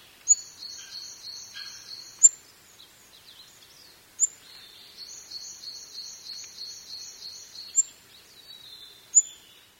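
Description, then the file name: Olive-backed pipit song: fast buzzy trilled phrases, high and thin, broken by sharp piercing notes roughly every two seconds. "binzui"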